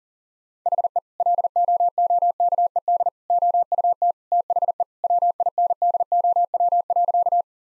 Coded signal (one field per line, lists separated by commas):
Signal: Morse code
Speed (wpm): 40 wpm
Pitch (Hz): 700 Hz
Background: none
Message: HE LOOKED OUT THE WINDOW.